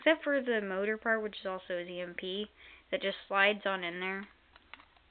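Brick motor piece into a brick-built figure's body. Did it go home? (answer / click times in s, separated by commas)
no / none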